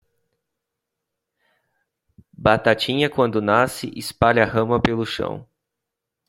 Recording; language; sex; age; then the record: short text; Brazilian Portuguese; male; 20 to 29 years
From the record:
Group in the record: control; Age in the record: 29 years